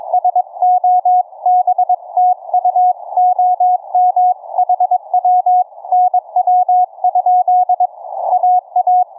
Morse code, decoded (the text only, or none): SO BTU OM HW NW? AA